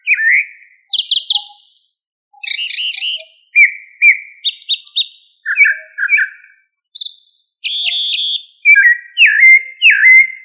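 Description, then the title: Thrush song, varied phrases of clear whistled notes alternating with complex harmonic trills and buzzy chords, separated by short pauses. "Familia Turdidae - Sabia"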